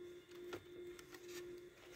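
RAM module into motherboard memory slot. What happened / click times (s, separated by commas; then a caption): The memory module is being handled and has not yet latched into its slot / none. A RAM module is lined up with the notch in a motherboard memory slot, ready to be pressed down until the retaining clips lock. Light handling taps sound around 0.5, 1.0 and 1.2 s over a steady low hum. The module has not yet seated or clicked into place.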